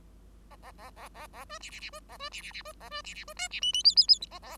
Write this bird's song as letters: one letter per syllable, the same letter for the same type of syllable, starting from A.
A A A A A A B C C C B A B C C C B A B C C B D C E E F F F A A